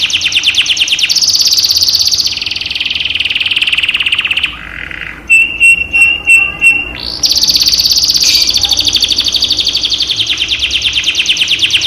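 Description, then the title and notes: Canary singing long, fast rolling trills. Midway they break into a run of separate sharp high notes, then the rapid trilling resumes to the end. Canary 'masteran' tutor recording, made to stimulate birds to sing more intensely; local name kenari. "PANCINGAN SUARA MASTERAN KENARI BIKIN BURUNG MAKIN MENGGILA. masteran kicau kenari"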